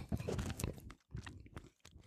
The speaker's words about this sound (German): Habe ich ein bisschen Brot gegessen. Ja, ich muss Neutralisierung. Soll jetzt ein bisschen neutralisieren.